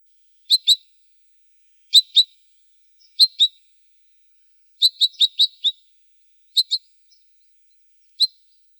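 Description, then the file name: Long-tailed rosefinch calls: high, clipped chirps, mostly in pairs, with one brief run of five, given irregularly over several seconds against a quiet background. "Uragus"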